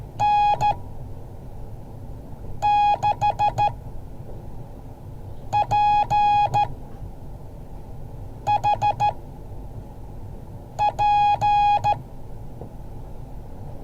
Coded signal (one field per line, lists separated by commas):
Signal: Morse code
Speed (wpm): 14 wpm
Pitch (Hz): 830 Hz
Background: none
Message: N6PHP